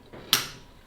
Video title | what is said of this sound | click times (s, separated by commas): New Harley Boom Box GTS Conversion-How to Retrofit & Upgrade | Just make sure the tabs click into place there. Plug it in his right side there, and | 0.3 s